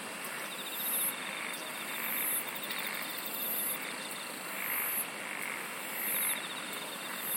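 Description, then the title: Insects calling together, shrill buzzy pulses coming about every 1.3 seconds while a gentle swelling chorus rises and falls beneath them. "SINGING OF INSECTS"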